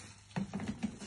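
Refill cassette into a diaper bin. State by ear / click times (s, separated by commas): seated / 0.4 s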